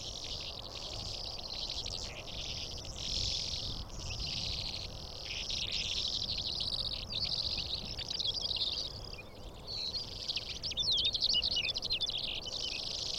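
Calandra lark song: an unbroken, scratchy babble of high twittering phrases and quick trills, flowing on for the whole stretch above a constant low hum.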